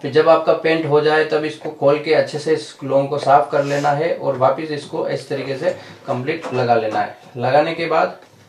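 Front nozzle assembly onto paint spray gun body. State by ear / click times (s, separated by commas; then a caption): not seated / none. A man talks while the front nozzle and air cap assembly of a Buildskill Pro BPS2100 HVLP paint sprayer is handled after cleaning, ready to be refitted onto the plastic gun body. Only speech is heard, and nothing has seated or clicked yet.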